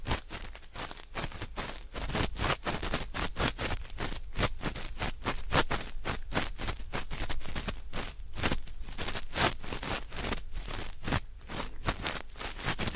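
A feather pick brushes and scrapes in continuous crackly strokes, dense rustling bursts arriving every half second or so, steady throughout.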